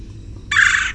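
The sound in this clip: Red-bellied woodpecker uttering a harsh, rolling kwirr note in the second half, with low rumbling noise underneath.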